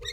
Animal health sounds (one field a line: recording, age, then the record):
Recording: pig call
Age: weaner (32 to 43 days)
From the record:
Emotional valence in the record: negative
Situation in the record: short isolation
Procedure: open field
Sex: female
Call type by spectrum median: high-frequency call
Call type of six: high-frequency stable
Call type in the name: high-frequency stable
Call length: 0.12 s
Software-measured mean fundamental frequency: 242 Hz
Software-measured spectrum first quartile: 953 Hz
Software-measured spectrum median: 2882 Hz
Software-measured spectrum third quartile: 4098 Hz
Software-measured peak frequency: 3704 Hz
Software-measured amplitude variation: 127 dB a second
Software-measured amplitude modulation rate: 16.4 a second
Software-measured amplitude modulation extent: 7.7 dB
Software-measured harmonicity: 9.3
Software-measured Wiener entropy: -3.61